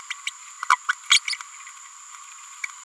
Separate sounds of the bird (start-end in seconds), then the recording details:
0.10-0.14, 0.26-0.30, 0.69-0.77, 0.88-0.93, 1.10-1.20, 1.27-1.38. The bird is a male. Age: 32 days. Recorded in a nest box in Venezuela. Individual 17B102A4